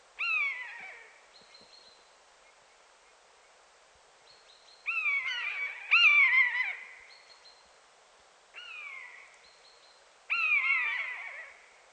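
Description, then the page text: Common buzzard calling: a series of falling, wailing mews, two close together in the middle, separated by short high notes and pauses. Calling in its natural habitat. "Звуки Канюка. ЗВУКОДАР"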